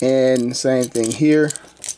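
A plastic car-back panel is handled against the thigh section of a Voyager-class Transformers Studio Series 86 Hot Rod action figure during its transformation to car mode, while someone talks. Faint light plastic ticks come near the end, and nothing has seated or snapped in yet.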